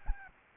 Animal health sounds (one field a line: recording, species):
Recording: mosquito wingbeat signal from an infrared sensor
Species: Aedes albopictus